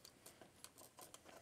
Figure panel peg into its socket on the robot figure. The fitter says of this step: you heard a snap there so